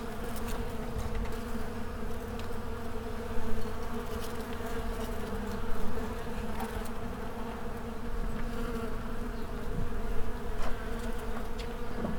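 Insects buzzing as a swarm: a dense, continuous low droning hum with layered tones, swelling briefly now and then.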